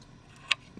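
A magnetic accessory piece is fitted onto a collectible statue, its joint held by magnets. A single sharp, bright click at 0.5 s marks the piece seating, followed by a faint low knock near 0.8 s. The piece is seated.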